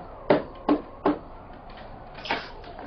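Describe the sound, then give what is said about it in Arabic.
Three evenly spaced knocks on a wooden hut door by a visitor bringing food, dull and solid, followed by a softer, longer rustle or scrape; no voices. “وادي باب الكوخ.”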